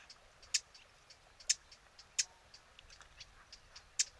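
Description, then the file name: Eurasian blackcap sharp tack notes, four loud dry clicks spaced irregularly, with fainter ticking in between over a quiet background. "Sylvia atricapilla"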